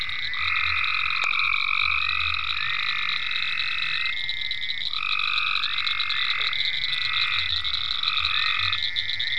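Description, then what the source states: Several frogs keep up long, vibrating calls in overlapping turns, with a high steady buzz and a low rumbling sound at times. Several frogs in ponds at Venaura farm, recorded 27 May 2010.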